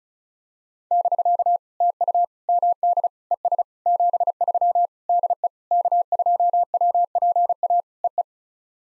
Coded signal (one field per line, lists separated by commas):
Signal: Morse code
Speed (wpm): 36 wpm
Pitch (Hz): 700 Hz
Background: none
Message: <BK> TU MD ES 73 DE K2WPA EE